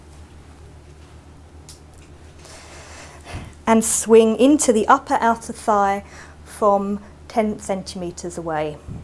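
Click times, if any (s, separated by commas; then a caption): none. The safety cap is removed from an adrenaline auto-injector and the device is swung into position, from 10 centimeters away, toward the upper outer thigh before being pressed in. Faint handling noises come at about 1.7, 1.9 and 2.5 s, and someone talks from about 3.7 s onward. Nothing has clicked yet.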